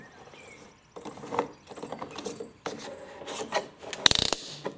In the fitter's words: And the gas cap on the lawnmower is like a modern car you want to turn the cap on until it clicks a few times.